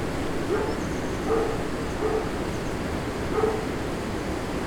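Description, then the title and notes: Dog barking, four brief barks, the last after a longer pause, heard over a continuous rushing background noise. Dog barking as recordist walks toward the Moulin Banal mill, Rue des Comtes de Robiano 4, Braine-le-Château, Belgium; recorded with Lom mikroUsi microphones in AB position into a Sony PCM-M10. "Rue des Comtes de Robiano 4, 1440 Braine-le-Château, Belgique - Moulin Banal and dog. Walking to the mill, a dog barks. Marche vers le moulin banal, un chien aboie"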